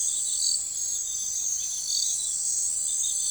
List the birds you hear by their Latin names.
none